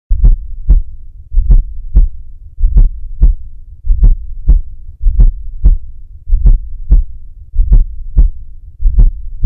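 Slow, regular low-pitched heart sounds from an adult heart repeat about 48 times a minute, each cycle a soft low thud just before two sharper beats, giving a galloping three-beat rhythm. This is a fourth heart sound (S4 gallop) played slowly, a late-diastolic sound from filling of a stiff ventricle.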